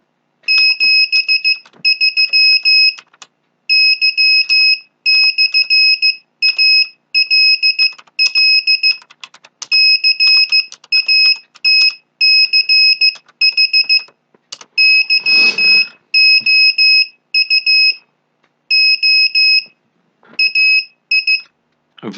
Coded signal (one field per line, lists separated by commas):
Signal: Morse code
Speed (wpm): 15 wpm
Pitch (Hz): 2550 Hz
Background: none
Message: 73 Y/ALL CATCH YOU O AI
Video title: How to Cheat Sending Morse Code using the Betatech Instruments K11 Board